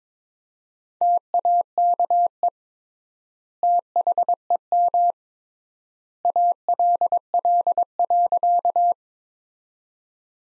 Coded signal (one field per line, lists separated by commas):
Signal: Morse code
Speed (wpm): 21 wpm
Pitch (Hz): 700 Hz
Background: none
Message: TAKE THEM ALL.